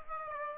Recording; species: mosquito wingbeat signal from an infrared sensor; Aedes albopictus